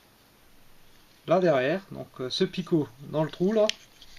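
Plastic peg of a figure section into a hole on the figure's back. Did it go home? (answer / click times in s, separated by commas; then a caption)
no / none. Someone talks while handling a plastic Transformers Titans Return figure, pushing a plastic peg on one section toward a hole on the figure's back so that the section will clip in behind. Nothing has seated or clicked yet, and the clip ends before the peg goes home.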